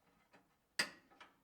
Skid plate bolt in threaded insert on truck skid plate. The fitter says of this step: when you hear that click and it sinks in